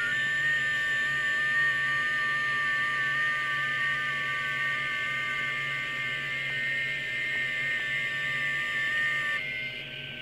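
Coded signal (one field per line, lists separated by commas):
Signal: FT8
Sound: two steady warbling tones, one about 1.2 kHz, one about 1.8 kHz, over hiss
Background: radio static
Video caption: second contact FTA 30 meters [Music] [Music] third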